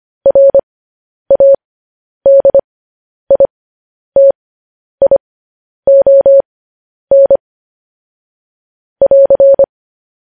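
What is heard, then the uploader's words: Morse code beeps in a single steady mid-pitched tone, keyed in short dots and longer dashes grouped into clusters with brief silences between them. The bursts recur roughly every second across the clip, clean, over complete silence. Morse code transcription.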